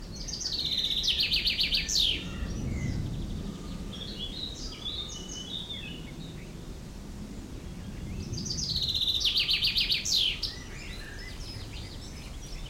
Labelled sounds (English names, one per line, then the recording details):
Common Chaffinch
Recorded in the wild
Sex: male
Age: adult
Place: Blankenfelde, Tegeler Fließ, Berlin, DE
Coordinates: 52.645, 13.395
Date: 1992-05-30 12:13
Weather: sonnig, heiter bis wolkig, 20-24°C, böiger Wind
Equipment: Marantz CP 430, Sennheiser ME 80, K 30 AV, Kopie Tesla B 116
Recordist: Tembrock, Günter